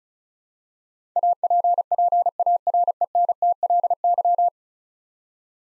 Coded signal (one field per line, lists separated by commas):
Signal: Morse code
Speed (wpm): 36 wpm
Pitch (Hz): 700 Hz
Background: none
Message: APPARENTLY